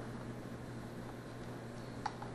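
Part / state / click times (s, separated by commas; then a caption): small ball bearing into a quadcopter motor mount hole / seated / 2.1 s. A small ball bearing is pushed up with a fingernail into the hole of a V262 quadcopter's plastic motor mount over a steady low background hum. A sharp snap at 2.1 s marks the bearing seating in the mount, followed by two fainter ticks.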